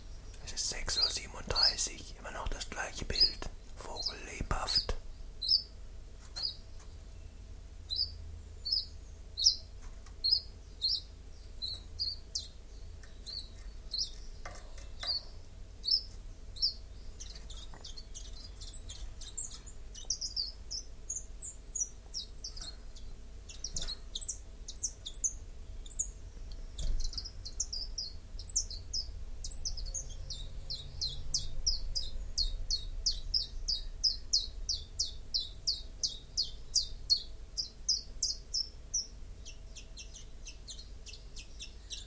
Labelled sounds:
Common Chiffchaff song

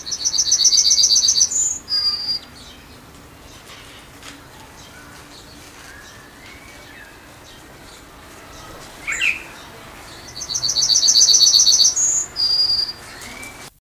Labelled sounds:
Yellowhammer song

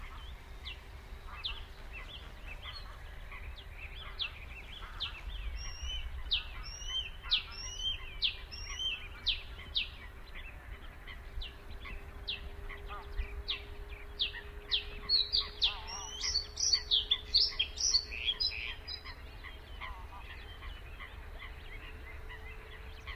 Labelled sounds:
Bluethroat song

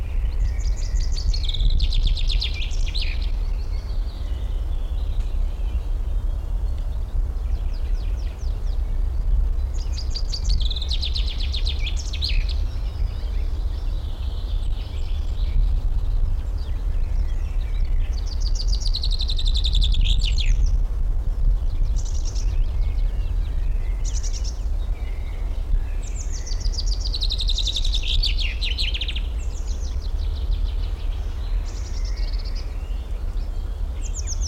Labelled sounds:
Common Chaffinch

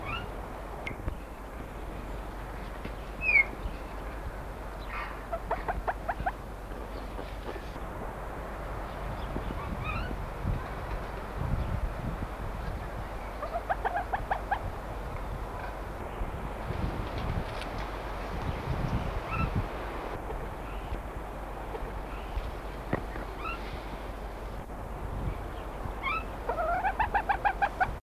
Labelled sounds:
Green Junglefowl call

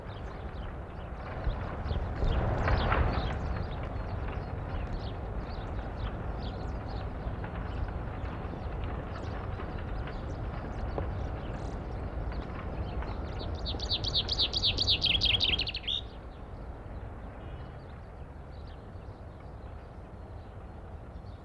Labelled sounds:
Common Chaffinch song

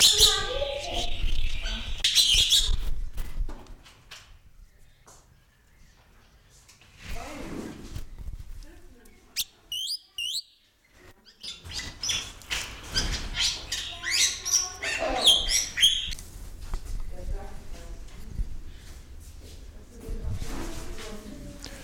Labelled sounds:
Black-winged Starling

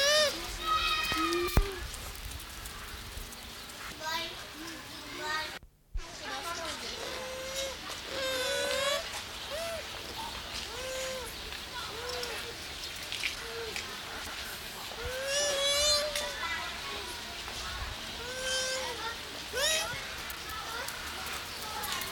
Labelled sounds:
Bush Dog

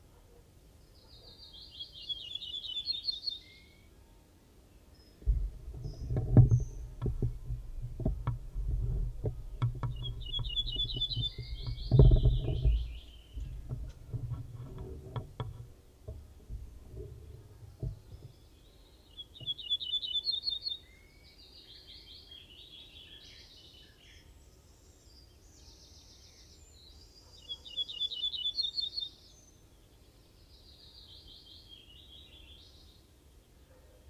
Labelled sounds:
Ortolan Bunting song

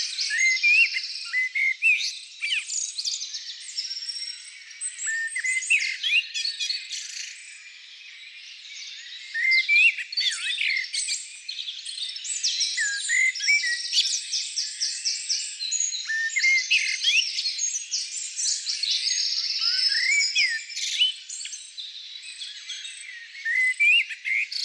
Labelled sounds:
Common Blackbird song

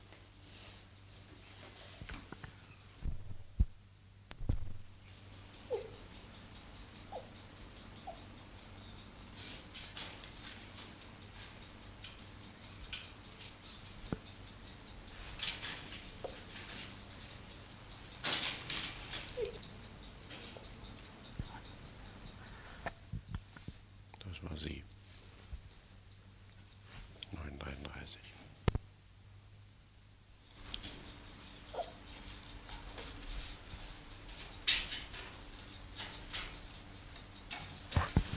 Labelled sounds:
Silvery Javan Gibbon call

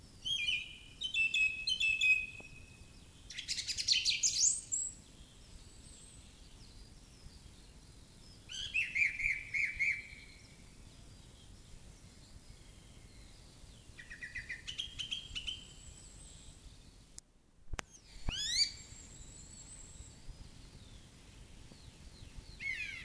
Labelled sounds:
Song Thrush song

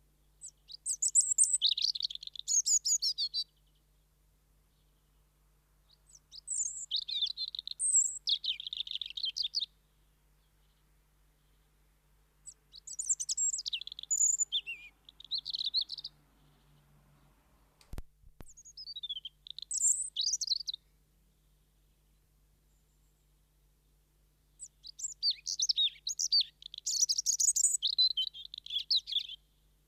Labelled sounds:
European Robin song

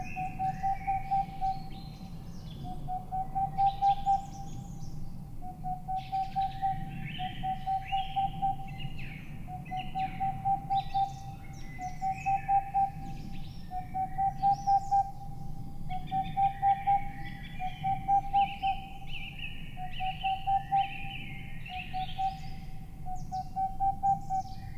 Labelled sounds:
Boreal Owl

